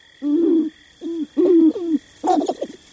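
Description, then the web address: Sharp-tailed grouse calling, several low wavering coos followed by a burst of harsh cackling notes over a thin high hum. Sharp-tailed grouse nesting and wintering on farmland in eastern Washington. "Birdnote. Wade Troutman and the Sharp-tailed Grouse"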